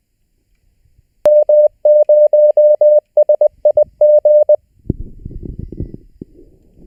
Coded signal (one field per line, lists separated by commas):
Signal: Morse code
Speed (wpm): 20 wpm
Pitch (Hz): 600 Hz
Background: none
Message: M0SIG